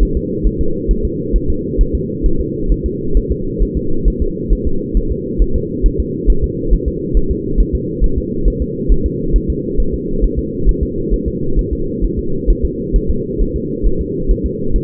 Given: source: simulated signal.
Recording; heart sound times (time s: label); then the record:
fetal heart sounds
0.03 s: S1
0.17 s: S2
0.47 s: S1
0.61 s: S2
0.91 s: S1
1.05 s: S2
1.36 s: S1
1.50 s: S2
1.81 s: S1
1.95 s: S2
2.26 s: S1
2.41 s: S2
2.72 s: S1
2.86 s: S2
3.17 s: S1
3.31 s: S2
3.62 s: S1
3.77 s: S2
4.08 s: S1
4.22 s: S2
4.53 s: S1
4.67 s: S2
4.97 s: S1
5.12 s: S2
5.42 s: S1
5.56 s: S2
5.86 s: S1
6.00 s: S2
6.30 s: S1
6.44 s: S2
6.73 s: S1
6.88 s: S2
7.17 s: S1
7.31 s: S2
7.60 s: S1
7.75 s: S2
8.04 s: S1
8.18 s: S2
8.48 s: S1
8.62 s: S2
8.92 s: S1
9.06 s: S2
9.36 s: S1
9.50 s: S2
9.80 s: S1
9.94 s: S2
10.24 s: S1
10.39 s: S2
10.69 s: S1
10.83 s: S2
11.14 s: S1
11.28 s: S2
11.59 s: S1
11.73 s: S2
12.04 s: S1
12.19 s: S2
12.50 s: S1
12.65 s: S2
12.96 s: S1
13.11 s: S2
13.42 s: S1
13.56 s: S2
13.86 s: S1
14.01 s: S2
14.31 s: S1
14.46 s: S2
14.76 s: S1
From the record:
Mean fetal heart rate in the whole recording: 135 bpm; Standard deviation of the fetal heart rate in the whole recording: 3 bpm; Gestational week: 36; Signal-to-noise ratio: -8.1 dB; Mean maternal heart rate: 72 bpm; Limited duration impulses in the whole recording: absent